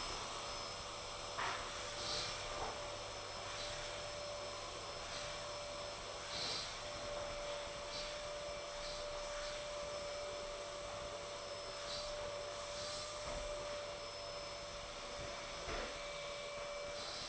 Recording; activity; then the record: daily activity, microphone in the room; vacuum cleaning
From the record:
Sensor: 5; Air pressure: 1000.2 hPa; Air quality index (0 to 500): 118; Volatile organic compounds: 1 ppm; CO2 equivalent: 939 ppm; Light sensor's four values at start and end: 145/341/147/159 and 143/337/145/158